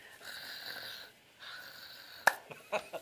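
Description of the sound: Two stretches of a hissing, whistly breath-like noise made by a man's voice, followed by a few short, sharp pops. This is a vocal imitation of rales, the crackling lung sounds heard when fluid or secretions in the small airways pop open.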